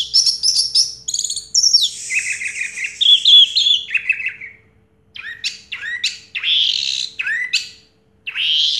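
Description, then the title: Orange-headed thrush song: rich high warbles and a sustained lower buzzy phrase, followed by short sweeping whistled notes after brief gaps. Recording used to prompt a silent (stuck) bird to sing. "Anis Merah Macet.. Pancing Dengan Suara Ini.. 100 Ampuh. # Anis Merah"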